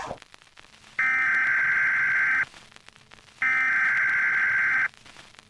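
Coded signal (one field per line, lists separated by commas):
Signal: Emergency Alert System (SAME) tones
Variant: header bursts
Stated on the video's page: Fictional EAS alert made as a trailer for a horror game in development.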